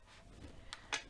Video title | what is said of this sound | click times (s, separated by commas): Alice Collab Week 2 ~ Contains Bloopers! ~ See What I Made! #madhatterteaparty | and can you hear it's got a magnet can you hear the click of the magnet | 0.7 s